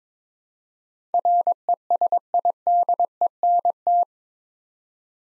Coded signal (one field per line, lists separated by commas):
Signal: Morse code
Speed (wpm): 23 wpm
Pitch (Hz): 700 Hz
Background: none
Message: RESIDENT